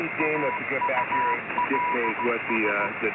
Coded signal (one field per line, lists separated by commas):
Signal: Morse code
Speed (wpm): 16 wpm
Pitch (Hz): 980 Hz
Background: speech, radio noise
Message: AULS